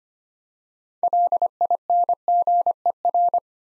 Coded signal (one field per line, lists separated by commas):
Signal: Morse code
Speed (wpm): 25 wpm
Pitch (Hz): 700 Hz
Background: none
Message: LINGER